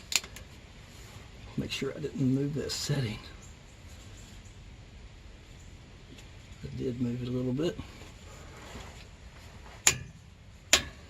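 Someone talks while rechecking the setting on a click-type torque wrench, then tightens another differential cover bolt on a two-wheel-drive F-150 with a limited-slip differential during a differential fluid change. A sharp tick sounds at 9.9 s, and the torque wrench clicks at 10.7 s, confirming the bolt reached the set torque.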